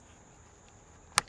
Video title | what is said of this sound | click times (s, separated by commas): 2016 981 Porsche Boxster Spyder - Buyers Guide | these flaps on each side you kind of gotta feel around for it when you find it you'll feel it click slide it into the slot over here | 1.2 s